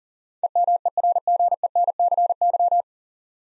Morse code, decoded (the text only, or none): EMERGENCY